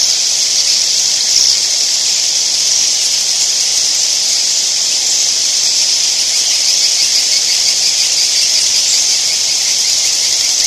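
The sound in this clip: Edible-nest swiftlets, a continuous shrill wash of many overlapping calls.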